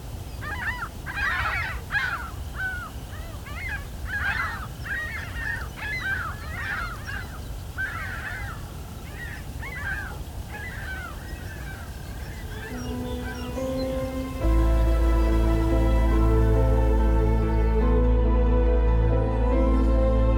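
An evening bird chorus of harsh, squawking calls, bunched in quick repeated bursts over a low, steady rumble for the first twelve seconds. A steady droning hum then rises, turns abruptly louder near fourteen seconds and holds to the end, drowning out the birds.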